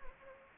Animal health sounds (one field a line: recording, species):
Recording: mosquito wingbeat signal from an infrared sensor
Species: Anopheles gambiae